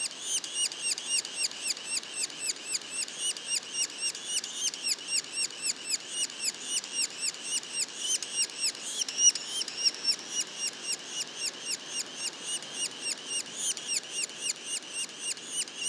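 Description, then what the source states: Yellow-bellied sapsucker juveniles giving a long run of rapid nasal calls, about four per second. Juveniles; Mont-Orford National Park, Quebec.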